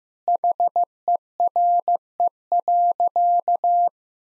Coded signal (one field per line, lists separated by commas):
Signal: Morse code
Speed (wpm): 15 wpm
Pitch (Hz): 700 Hz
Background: none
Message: HERE.